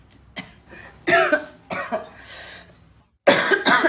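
A string of four or five short, harsh, noisy cough bursts from an adult woman, with brief pauses and a short silence before the last pair. A plain dry-sounding cough fit in a quiet indoor room, with no wheeze or whoop.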